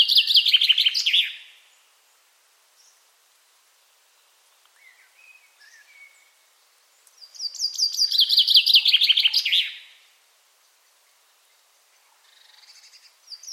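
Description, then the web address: Common chaffinch song: two descending trill phrases, the first cut off at the start, separated by about six seconds of near silence with faint soft chirps between. "Deverinetal"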